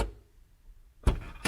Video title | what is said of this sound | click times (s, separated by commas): How to Replace 3rd / Third (Center) Brake Light - Hyundai Elantra (2011-2016) | Click in place. | 1.5 s